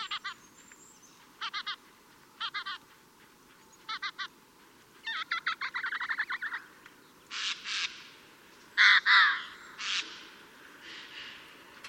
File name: Garrulus glandarius